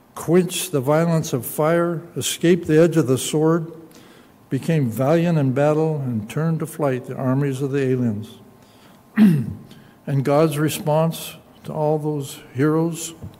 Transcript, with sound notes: quenched the violence of fire, escaped the edge of the sword, became valiant in battle, and turned to flight the armies of the aliens. [clears throat] And God's response to all those heroes